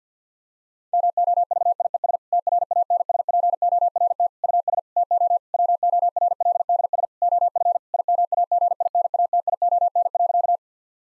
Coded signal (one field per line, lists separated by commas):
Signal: Morse code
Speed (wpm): 50 wpm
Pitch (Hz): 700 Hz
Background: none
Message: MOVIES TRANSPORT US TO WORLDS OF IMAGINATION.